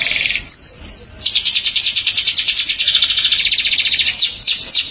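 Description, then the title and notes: Canary song opening with a short trill and level whistle, then a long fast run of repeated chirping notes that slows into separate swoops. "BM Suara Kenari. BM Suara Burung Kenari"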